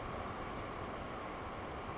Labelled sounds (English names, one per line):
Bewick's Wren